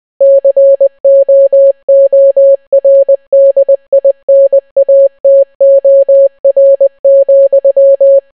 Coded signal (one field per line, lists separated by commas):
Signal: Morse code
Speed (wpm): 20 wpm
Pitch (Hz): 550 Hz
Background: none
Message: COORDINATOR,